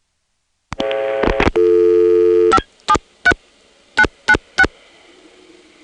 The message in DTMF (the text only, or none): 573 996